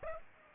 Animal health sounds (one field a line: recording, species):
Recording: mosquito wingbeat signal from an infrared sensor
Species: Aedes aegypti